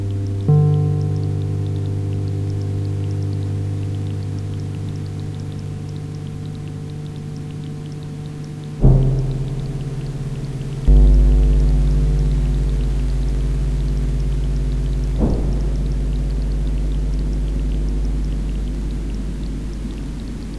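Sustained low chords hold steady under a faint hiss of rain. A sharp hit opens the clip, and fresh hits near 9, 11 and 15 seconds each bring in a new chord, the deepest tones swelling after 11 seconds before slowly fading.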